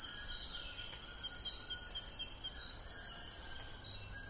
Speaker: And hear the sound of the golden lion tamarin.